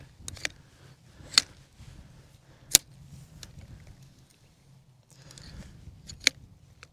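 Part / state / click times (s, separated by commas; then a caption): metal frame pole into camping chair frame socket / seated / 0.3 s, 0.4 s, 1.4 s, 2.8 s, 6.3 s. Metal frame poles of a compact camping chair are pushed together and seated into the chair frame's sockets during setup. Sharp clicks and clunks sound at about 0.3, 0.5, 1.4, 2.8 and 6.3 seconds over faint handling noise, with each pole clicking into place. The setup is not too laborious.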